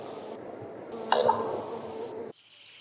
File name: Corvus corax